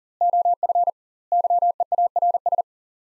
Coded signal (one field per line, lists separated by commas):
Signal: Morse code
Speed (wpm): 40 wpm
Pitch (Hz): 700 Hz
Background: none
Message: OF YEARS